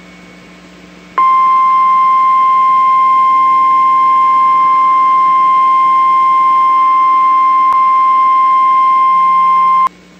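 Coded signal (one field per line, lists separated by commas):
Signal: Emergency Alert System (SAME) tones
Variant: 1050 Hz attention tone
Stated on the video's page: Child abduction emergency cancellation from the NOAA weather radio station at Winnabow.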